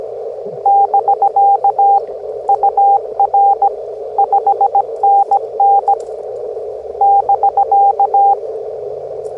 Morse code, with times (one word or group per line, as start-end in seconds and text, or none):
0.7-2.0 <BK>
2.5-3.7 UR
4.2-5.9 5NN
7.0-8.3 <BK>